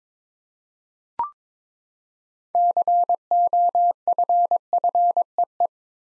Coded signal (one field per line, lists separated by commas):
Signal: Morse code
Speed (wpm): 22 wpm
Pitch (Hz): 700 Hz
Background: none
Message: COFFEE